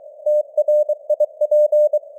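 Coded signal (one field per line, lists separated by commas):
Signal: Morse code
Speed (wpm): 23 wpm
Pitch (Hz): 600 Hz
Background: none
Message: TRIP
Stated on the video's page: Morse news headlines at 23 wpm with simulated radio noise and varying signal strength (QSB).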